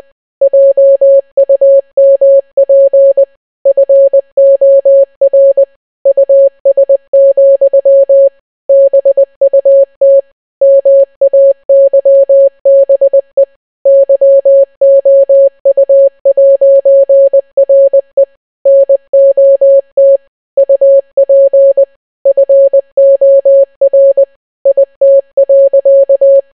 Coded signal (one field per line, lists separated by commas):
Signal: Morse code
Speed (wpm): 20 wpm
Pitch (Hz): 550 Hz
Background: none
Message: JUMP FOR US, BUT MAYBE YOU'RE NOT UP FOR IT.